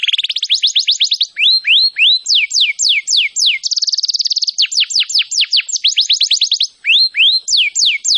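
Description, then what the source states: Canary song made of rapid whistled trills and swooping downward notes, broken by a short high buzzy roll, delivered continuously and energetically. Song described as gacor, meaning vigorous, continuous singing.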